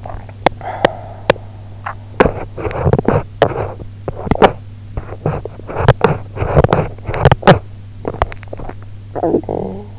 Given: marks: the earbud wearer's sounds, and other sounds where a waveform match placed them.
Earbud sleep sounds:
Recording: sounds in sleep by an in-ear microphone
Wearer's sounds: swallowing, teeth grinding, talking in sleep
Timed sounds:
0.00-0.29 s: swallowing
0.61-1.71 s: teeth grinding
1.71-2.00 s: swallowing
2.10-7.69 s: teeth grinding
7.96-8.95 s: swallowing
9.44-9.99 s: talking in sleep

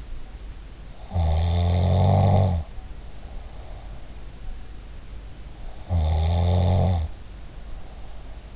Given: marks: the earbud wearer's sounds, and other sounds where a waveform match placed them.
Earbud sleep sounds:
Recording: sounds in sleep by an in-ear microphone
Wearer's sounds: snoring breath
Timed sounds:
1.16-4.27 s: snoring breath
5.88-8.56 s: snoring breath

